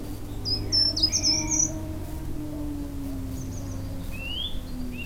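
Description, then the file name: Short-toed treecreeper singing one high, thin, quick phrase of tumbling notes, followed by scattered softer rising notes against a steady low hum. "canto verso rampichino certhia brachydactyla short toed tree creeper"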